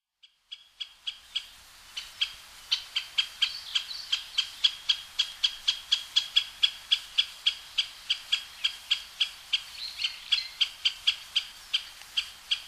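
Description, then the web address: Great spotted woodpecker uttering a long run of sharp, clipped notes in rapid series, insistent throughout, with faint hiss beneath. Recorded at Osado, Sado, on 19 June 2009. "shiryo koe akagera 090619 osado mju"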